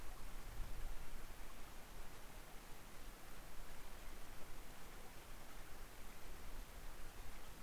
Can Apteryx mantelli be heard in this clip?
no